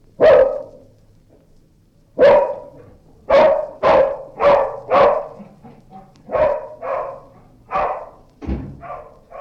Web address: knock on door dog barks door closed